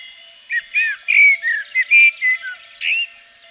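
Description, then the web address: Common blackbird song, a steady string of rich, fluted whistled notes that dip and rise in pitch, ending with a brighter whistle. Recorded in Provence. "agykontroll - A természet hangjai - A provence-i feketerigó"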